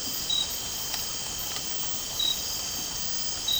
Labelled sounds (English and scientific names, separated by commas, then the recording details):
none
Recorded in dense forest near Puerto Asís, Putumayo, Colombia, on 12 March 2025 at 01:00
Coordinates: 0.467, -76.328
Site G041